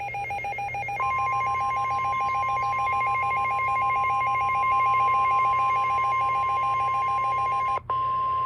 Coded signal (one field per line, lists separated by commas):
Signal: Emergency Alert System (SAME) tones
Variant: 1050 Hz attention tone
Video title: A Mid-Summer Dozen || EAS Alerts from 7/21 and 7/23/22 || EAS 331-342